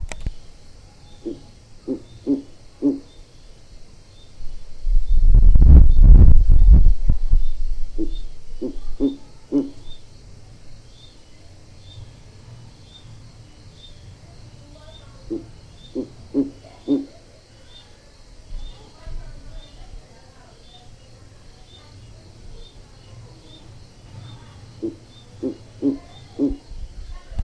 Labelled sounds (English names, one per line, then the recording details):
Verreaux's Eagle-owl
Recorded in Lake Mburo, Uganda